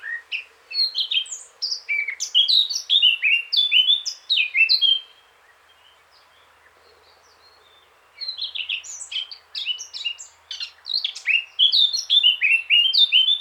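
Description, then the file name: Eurasian blackcap song: two bursts of rich warbling with clear, fluty whistled notes, separated by a pause of about three seconds. "Sylvia atricapilla"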